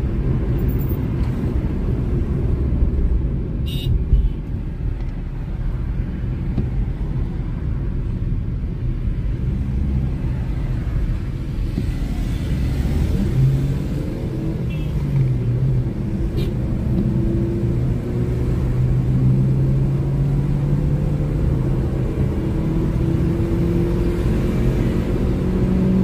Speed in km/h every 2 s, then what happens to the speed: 61, 31, 31, 29, 32, 31, 47, 49, 59, 70, 79, 88, 95.
0-2 brakes to 31. 2-10 steady at about 31. 10-26 speeds up to 95.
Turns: none.